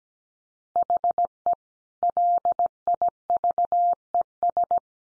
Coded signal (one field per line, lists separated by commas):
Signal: Morse code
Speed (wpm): 17 wpm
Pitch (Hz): 700 Hz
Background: none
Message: HE LIVES